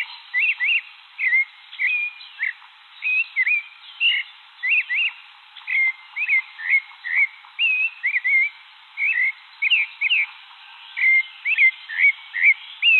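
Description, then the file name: Thrush singing a steady series of short whistled notes and sharp up-down slurs, separated by brief pauses. "canto do sabia de cabeca cinza"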